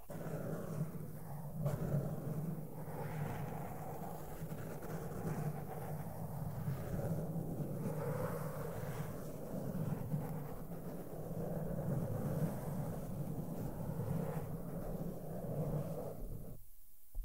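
Soft makeup brushes sweep over a microphone, making a steady, dense rumbling rustle with a low hum running underneath. The strokes blend into one continuous texture with slight swells every second or two. Near the end the sound drops out briefly before a final touch.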